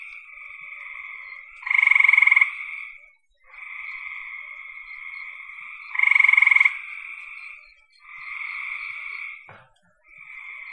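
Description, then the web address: Frog calls: buzzy trills, with two loud rasping bursts about four seconds apart among softer continuous trilling, and a brief click near the end. "cn frogs"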